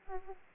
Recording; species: mosquito wingbeat signal from an infrared sensor; Aedes aegypti